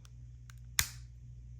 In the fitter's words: that was super easy. Okay, so there it is. I heard it click.